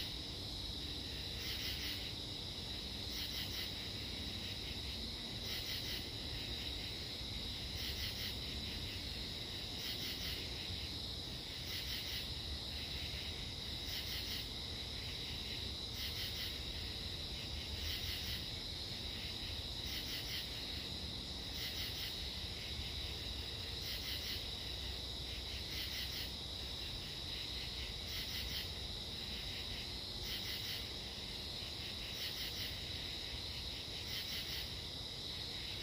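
Late-summer forest at night or dusk, filled with a steady chorus of insects. Bright, high trilling pulses in regular bursts about every second, layered over a dense continuous buzz, with a low rumble underneath and an occasional faint bird call.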